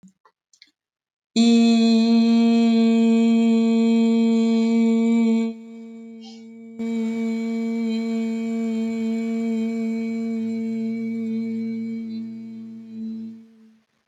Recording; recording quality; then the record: sustained vowel as in beet; excellent, no background noise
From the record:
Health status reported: COVID-19 positive, no symptoms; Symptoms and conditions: loss of smell and taste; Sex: female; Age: 33 years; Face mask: not worn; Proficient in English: yes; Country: India